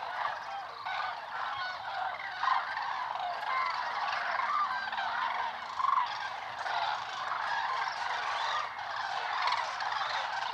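Common cranes call as a flock, a dense, continuous chorus of overlapping bugling and honking notes, with louder individual calls around 2.5 and 6 seconds.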